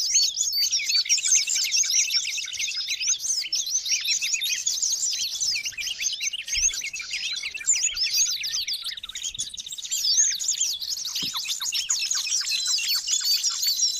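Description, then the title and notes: Birds in a loud, continuous chorus of high chirps and buzzy trills, densely overlapping from start to finish. Noisy birds, used as a lure for bird trapping. "Master Burung Ribut Durasi Panjang. Burung Ribut Pikat"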